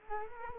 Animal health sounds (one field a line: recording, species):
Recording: mosquito wingbeat signal from an infrared sensor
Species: Culex quinquefasciatus